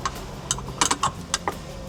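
The cover of a wall-mounted Master Lock combination key safe is closed over a key held inside with Blu-Tack (there is no hook for it) and pushed onto its body. A run of sharp plastic-and-metal ticks and clacks comes through, with the cover clicking shut at 1.3 s. The combination is then scrambled and the safe is locked.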